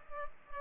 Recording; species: mosquito wingbeat signal from an infrared sensor; Culex pipiens